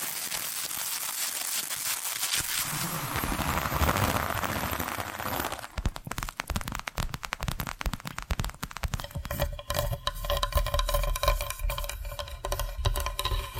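Tapping and scratching sounds, starting as a dense, hissy rustle that swells around four seconds. Near six seconds it turns into quick, crisp taps packed close together. From about nine seconds faint ringing tones sit behind the tapping over a low steady hum.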